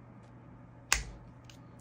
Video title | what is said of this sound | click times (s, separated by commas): Best Optic/Red Dot/Magnifier Quick Detach Mounts. Scalarworks 1.93” Leap 01 & Leap 06/How To Install | now I just if you heard that click that means I'm at 12 | 0.9 s